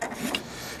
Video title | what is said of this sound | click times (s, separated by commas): Long Term Review: Softopper and Ready Ramp on Tacoma | and that locks into place | 0.3 s